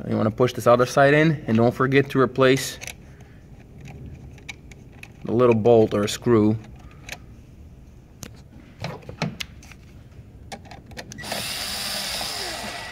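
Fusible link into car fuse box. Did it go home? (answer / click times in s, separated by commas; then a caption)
yes / 4.5 s. A new fusible link is pressed into the underhood fuse box of an Acura or Honda while someone talks. Its first side is already clicked in, and the other side is pushed home and snaps in with a sharp click at about 4.5 s. Several more small taps and clicks follow, then a steady broadband hiss near the end.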